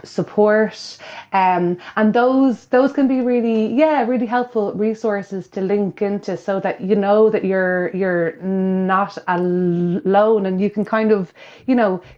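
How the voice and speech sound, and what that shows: An adult woman who stammers speaks at a moderate pitch, with whole-word repetitions ('those those', 'you're you're'), a stretched vowel in 'really', fillers, and silent pauses of up to 0.7 seconds mid-phrase. These are typical disfluencies of stammering: repetitions, prolongations and blocks.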